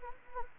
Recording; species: mosquito wingbeat signal from an infrared sensor; Anopheles gambiae